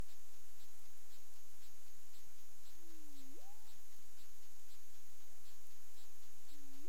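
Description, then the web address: Humpback whale call: a low tone that dips, then sweeps sharply upward into a whoop, followed by a fainter upsweep and another low dipping tone at the end, over constant hiss and regular high ticking. Caribbean waters, 20 February 2022 at 20:15 UTC. "CARIMAM. humpback whale 20220220 201543 UTC"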